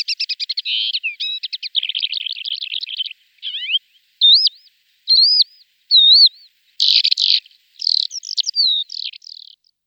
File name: Javoronok seryy